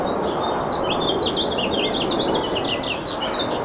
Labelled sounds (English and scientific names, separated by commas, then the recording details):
House Finch (Haemorhous mexicanus) song
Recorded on Long Island, New York, on 2 June 2012
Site CP
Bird E